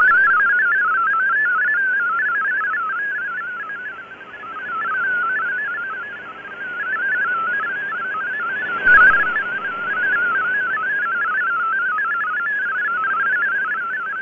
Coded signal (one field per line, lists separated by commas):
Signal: multi-tone FSK (Olivia or MFSK type)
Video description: Shortwave Radiogram transmits digital text and images on an analog shortwave broadcast transmitter.